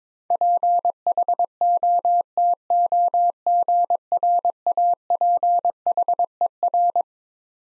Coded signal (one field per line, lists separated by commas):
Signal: Morse code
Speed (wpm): 22 wpm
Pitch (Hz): 700 Hz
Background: none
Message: PHOTOGRAPHER